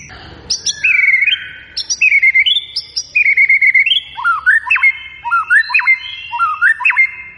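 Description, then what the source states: White-rumped shama song: phrases of high sharp notes dropping into fluty whistles, then a series of lower rising whistled notes, loud and clear. Lure recording played to provoke a white-rumped shama into vigorous singing.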